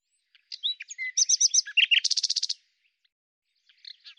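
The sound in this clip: Common nightingale singing a dense phrase of varied chirps and whistles that speeds into a loud rapid trill of repeated notes, followed by quiet scattered notes.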